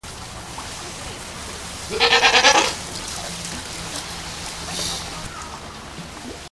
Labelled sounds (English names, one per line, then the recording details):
South American Sea Lion call
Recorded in captivity
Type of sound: call
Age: juvenile
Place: Tiergarten Heidelberg, Baden-Württemberg, DE
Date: 2000-09-27 16:27
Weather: overcast, 16-17°C
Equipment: Nagra SN, Kopie Uher 4000 Report Monitor
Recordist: Tembrock, Günter
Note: Jungtier (3 bis 4 Monate alt): "Meckern"